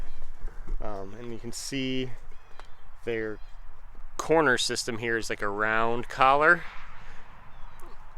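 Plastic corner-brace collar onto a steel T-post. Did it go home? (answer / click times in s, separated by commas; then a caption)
no / none. Someone talks while a round plastic corner-brace collar sits pushed around an old steel T-post on a fence. Nothing has snapped or clicked into place; the collar does not seat all the way, possibly because the old posts differ slightly in size from new ones, so wire is tied around it to hold it on.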